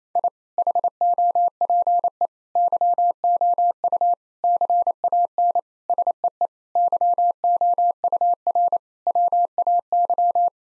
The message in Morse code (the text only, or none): I HOPE YOU CAN SEE YOUR WAY